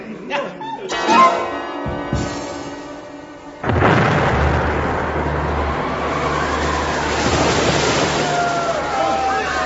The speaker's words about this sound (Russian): Вот это громыхнуло. Голову даю на отсечение. Где-то поблизости ударила молния.